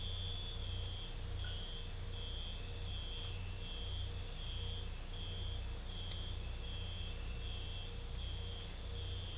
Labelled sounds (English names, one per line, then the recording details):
none
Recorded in secondary vegetation near Puerto Asís, Putumayo, Colombia, on 21 December 2024 at 01:00
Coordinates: 0.498, -76.327
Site GP07